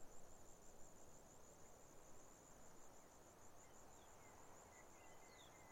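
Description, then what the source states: Faint grasshopper stridulation, a thin steady high buzz, under soft wind, with a few weak bird notes and a short whistled line near the end. Grasshoppers stridulating on a lukewarm autumn afternoon, 6 May 2015, arid hills of the Barrier Ranges near Broken Hill, Australian outback; wind in desert she-oaks, sparse bird song.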